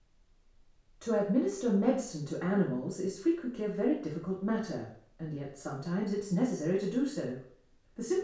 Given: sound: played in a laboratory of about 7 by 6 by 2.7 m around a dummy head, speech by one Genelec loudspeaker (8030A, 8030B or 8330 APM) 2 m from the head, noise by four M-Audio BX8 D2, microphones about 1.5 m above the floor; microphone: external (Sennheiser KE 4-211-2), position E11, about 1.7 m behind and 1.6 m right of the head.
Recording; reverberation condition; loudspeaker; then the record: female speech in English; medium; 90 degrees to the right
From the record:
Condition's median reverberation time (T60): about 510 ms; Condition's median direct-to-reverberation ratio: about -0.5 dB